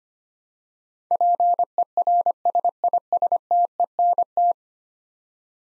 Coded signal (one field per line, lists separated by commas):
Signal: Morse code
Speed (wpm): 25 wpm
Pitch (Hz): 700 Hz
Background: none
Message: PERSISTENT